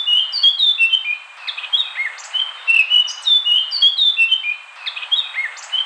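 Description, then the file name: Eurasian blackcap song, a flowing mix of clear whistles, downslurred fluty notes and rapid twittering, continuous over soft steady hiss. Compilation covering all variations of the song. "burung blackcup semua variasi"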